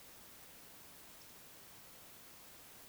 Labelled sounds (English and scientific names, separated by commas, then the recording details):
Eurasian Woodcock (Scolopax rusticola) whistle
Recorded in Baden-Württemberg, Germany, on 21 June 2020 at 02:22 UTC
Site 49006, 684 m above sea level